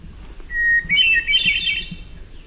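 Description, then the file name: Hermit thrush song: a single phrase opening with a long, pure whistled note, then breaking into a higher, fluty, echoing flourish. "HETH song"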